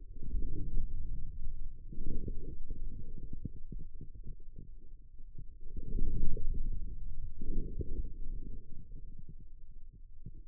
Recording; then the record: forearm muscle sounds (acoustic myography)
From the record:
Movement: inward rotation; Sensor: system 2, bracelet of six BSWA MPA416 microphones around the upper forearm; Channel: 6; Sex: male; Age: 22 years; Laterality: right